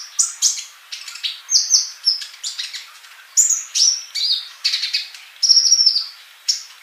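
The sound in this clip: Bird song of loud, high chirps and whistled slurs in clustered phrases, with brief quieter gaps.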